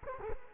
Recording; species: mosquito wingbeat signal from an infrared sensor; Culex quinquefasciatus